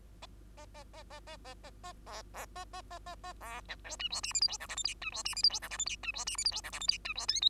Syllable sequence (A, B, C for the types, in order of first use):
A A A A A A A A A B B A A A A A B C D E F G H I J K L M N E F G H I J K L M N E F G H I J K L M N E F O P